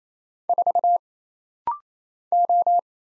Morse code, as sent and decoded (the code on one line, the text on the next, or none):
....- / ---
4 O